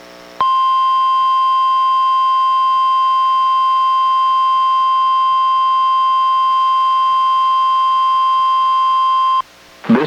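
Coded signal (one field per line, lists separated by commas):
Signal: Emergency Alert System (SAME) tones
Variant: 1050 Hz attention tone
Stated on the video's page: NOAA Weather Radio required weekly test relayed by the Astoria station, recorded from a Reecom R-1630 weather radio via a Zoom H1 recorder.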